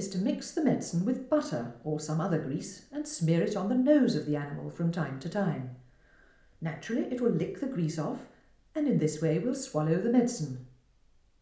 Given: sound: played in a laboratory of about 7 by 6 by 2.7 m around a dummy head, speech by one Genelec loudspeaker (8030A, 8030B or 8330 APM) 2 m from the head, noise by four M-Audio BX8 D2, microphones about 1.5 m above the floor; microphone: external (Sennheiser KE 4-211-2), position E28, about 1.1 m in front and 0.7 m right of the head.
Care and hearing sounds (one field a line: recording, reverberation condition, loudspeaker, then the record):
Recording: female speech in English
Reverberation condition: medium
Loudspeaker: 60 degrees to the right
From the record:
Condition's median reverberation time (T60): about 510 ms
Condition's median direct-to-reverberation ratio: about -0.5 dB